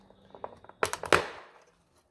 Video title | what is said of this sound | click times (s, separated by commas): Porsche 996 Cluster Lens Replacement | And then the lens pops right out. | 0.4 s, 0.7 s, 0.8 s, 0.9 s, 1.1 s